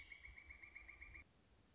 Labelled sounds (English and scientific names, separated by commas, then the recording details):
Pileated Woodpecker (Dryocopus pileatus)
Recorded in Sonoma County, California